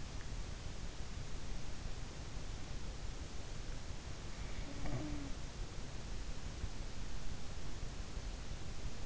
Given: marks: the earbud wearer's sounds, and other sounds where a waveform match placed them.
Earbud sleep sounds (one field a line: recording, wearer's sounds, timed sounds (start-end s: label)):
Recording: sounds in sleep by an in-ear microphone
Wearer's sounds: snoring breath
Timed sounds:
4.62-5.44 s: snoring breath